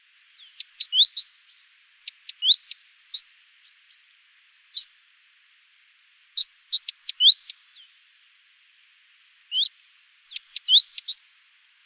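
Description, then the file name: Great tit calls: repeated groups of thin high chirps and downslurred notes in rapid clusters. "Parus major"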